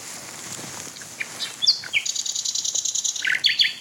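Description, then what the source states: Common Nightingale song: thin high slurred notes lead into a fast rattling trill, then lower falling notes and a few high notes. Singing male heard from closer range as the recordist moves nearer, in fields with trees.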